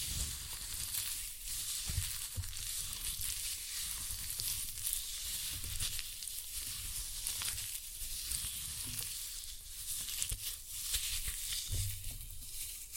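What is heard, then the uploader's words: Floral foam is crushed in a steady, dense crackle that runs the whole time, a bright fizzing texture like sizzling. Low thumps and pressure bumps come and go, notably around 2, 8 and 12 seconds, and the loudness stays fairly even throughout. Floral Foam Glitter Bomb Crushing.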